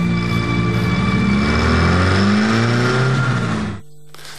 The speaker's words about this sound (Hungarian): gyerünk fürödni, majd belehajtja az autót a tengerbe.